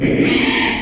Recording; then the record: squeal of a Yucatan mini pig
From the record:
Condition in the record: after surgery on the right vocal fold (resection and tissue-engineered implant); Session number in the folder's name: 2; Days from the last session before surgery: 13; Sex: male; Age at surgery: 12 weeks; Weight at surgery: 13 kg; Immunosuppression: cyclosporine, prednisolone